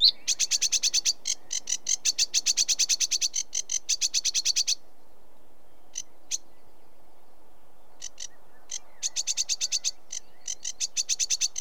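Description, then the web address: Sedge warbler song: a long rush of rapid grating notes, a pause with only a few isolated clicks, then the chattering resumes briskly. Recorded in Britain. "The BBC Sound Effects Library - Complete 60 CDs Collection Sound Effects Library-12 (British Birds) 16 Sedge Warbler"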